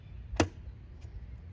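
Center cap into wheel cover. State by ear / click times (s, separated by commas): seated / 0.4 s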